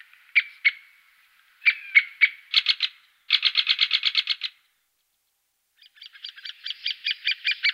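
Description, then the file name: Great spotted woodpecker calls: sharp notes in short groups broken by pauses, then two longer rapid series, the last starting quietly. "picchio rosso maggiore"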